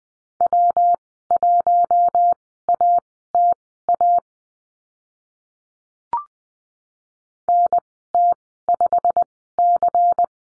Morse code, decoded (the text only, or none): W1ATA NT5C